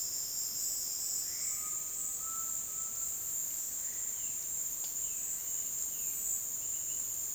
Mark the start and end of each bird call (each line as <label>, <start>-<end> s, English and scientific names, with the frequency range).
Undulated Tinamou (Crypturellus undulatus) (0.7-2.2 kHz), 1.49-3.07 s
Violaceous Jay (Cyanocorax violaceus) (2.1-3.8 kHz), 4.15-6.20 s